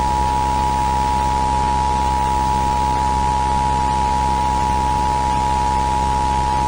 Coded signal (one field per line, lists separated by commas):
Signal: Emergency Alert System (SAME) tones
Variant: 853 and 960 Hz attention tone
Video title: AN EAS SCENARIO: WW3 (1981)